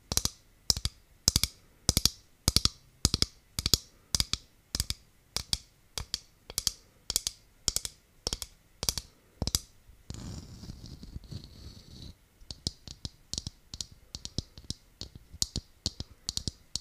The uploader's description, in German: Tapping auf einer Kokosnuss